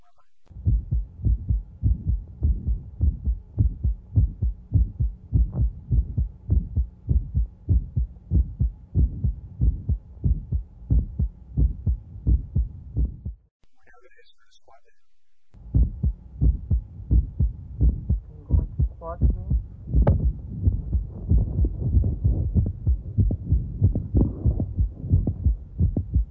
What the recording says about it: Accentuate venous return to the heart. Ventricular cavity volume will grow and mitral valve prolapse will occur later. The click is very close to the first heart sound. Prolapse, we have a mid-systolic click that is coherent or can be moved with various maneuvers.